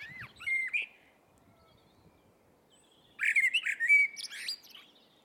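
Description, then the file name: Eurasian blackbird song: a short fluty phrase, a brief silence, then a longer, louder warbled phrase rising into high squeaky twitters. "Turdus merula"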